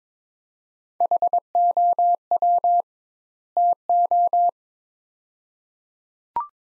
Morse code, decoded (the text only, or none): HOW TO